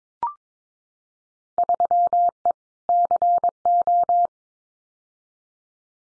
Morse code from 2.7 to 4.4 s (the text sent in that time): CO